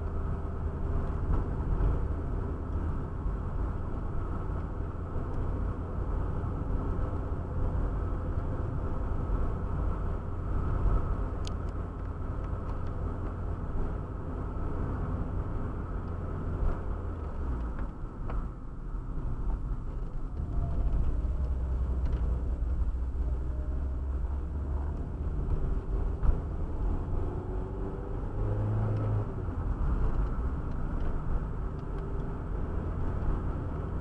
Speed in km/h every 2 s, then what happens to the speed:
50, 48, 47, 51, 49, 51, 50, 50, 50, 43, 26, 23, 28, 32, 42, 45, 51.
0-16 steady at about 50. 16-21 brakes to 23. 23-34 speeds up to 51.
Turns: 20-26.